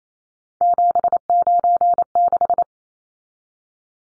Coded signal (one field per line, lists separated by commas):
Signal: Morse code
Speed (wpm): 28 wpm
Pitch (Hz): 700 Hz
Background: none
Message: 796